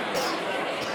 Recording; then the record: coughing mixed with background sound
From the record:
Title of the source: Coughing 60